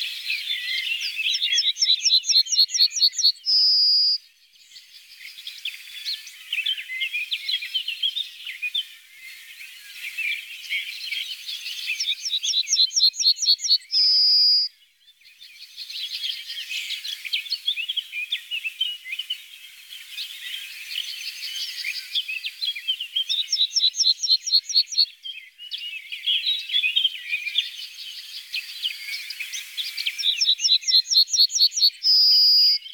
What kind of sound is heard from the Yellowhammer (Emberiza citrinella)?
song